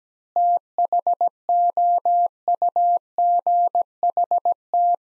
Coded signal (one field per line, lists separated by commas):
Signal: Morse code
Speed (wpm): 17 wpm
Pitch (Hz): 700 Hz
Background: none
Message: THOUGHT